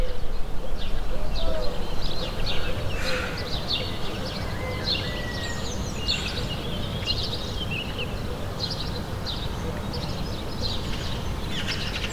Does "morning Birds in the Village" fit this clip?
yes